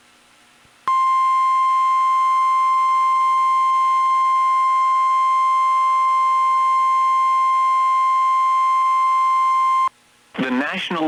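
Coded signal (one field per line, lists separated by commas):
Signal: Emergency Alert System (SAME) tones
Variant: 1050 Hz attention tone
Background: speech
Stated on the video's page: Tornado alerts from NOAA Weather Radio KEC65 and FM station KSTP-FM.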